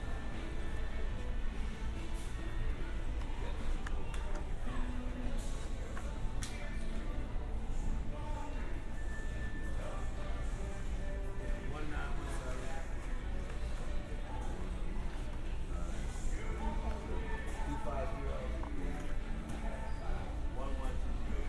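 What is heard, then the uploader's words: Shopping inside a hardware store, with a steady murmur of voices and scattered talk throughout. Faint music runs underneath, and occasional clicks, knocks and footsteps come and go over a constant low rumble. The overall level stays even from start to finish. A binaural field recording of shopping at a hardware store in New Rochelle. I was surprised they played country music.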